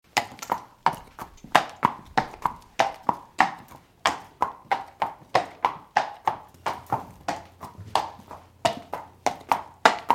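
Horse walking on a hard stone surface, crisp irregular hoof clops in quick succession throughout, with a faint low hum in the background.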